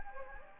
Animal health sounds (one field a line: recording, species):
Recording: mosquito wingbeat signal from an infrared sensor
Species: Anopheles gambiae